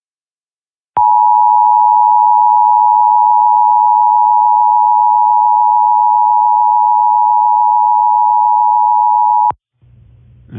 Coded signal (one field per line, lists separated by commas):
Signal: Emergency Alert System (SAME) tones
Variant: 853 and 960 Hz attention tone